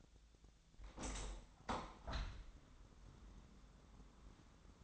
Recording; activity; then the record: daily activity, microphone in the room; open window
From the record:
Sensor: 3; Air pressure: 1006.3 hPa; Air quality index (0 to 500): 187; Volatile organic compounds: 12 ppm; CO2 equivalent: 2375 ppm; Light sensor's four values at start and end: 9/22/9/9 and 10/23/9/9